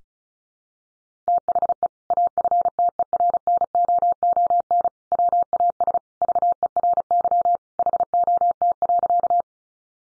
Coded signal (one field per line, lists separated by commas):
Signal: Morse code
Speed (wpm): 34 wpm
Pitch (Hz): 700 Hz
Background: none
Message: THE AFTERNOON WAS VERY HOT.